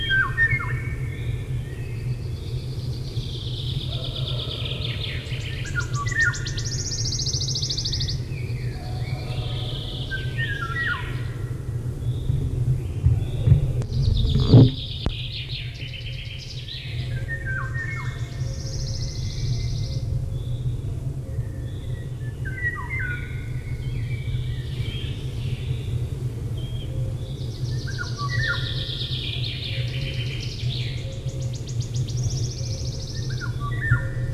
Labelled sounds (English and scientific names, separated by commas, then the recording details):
Eurasian Golden Oriole (Oriolus oriolus) song
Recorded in the wild
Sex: male
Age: adult
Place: Feldberg - Koldenhof, Mecklenburgische Seenplatte, Mecklenburg, DE
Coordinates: 53.3339, 13.3186
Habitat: mixed forest
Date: 1976-06-27 19:05
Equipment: Uher CR 210, Sennheiser MD 421 HL, Verstärker, Reflektor, Kopie Uher 4200
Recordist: Tembrock, Günter